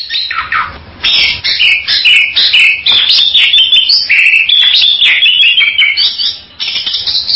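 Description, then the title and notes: Bird song of varied whistled phrases and warbling notes running almost continuously after a short opening call. "Bird Sound. Kicau Burung Lengkap"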